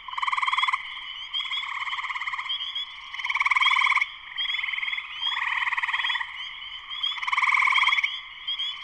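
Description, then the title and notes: Spring peepers in full chorus, many overlapping short rising whistles with loud rattling trills bursting in now and then. Full chorus shortly after sunset in Sleeping Bear Dunes National Lakeshore, northern Michigan, USA; recorded by Darrin Wassom. "Spring peepers (chorus frogs) in concert. Spring peepers (chorus frogs) in full chorus shortly after sunset in the Sleeping Bear Dunes National Lakeshore in northern Michigan, USA. Recorded by Darrin Wassom. Music for Sleep"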